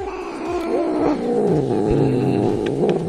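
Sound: cat growling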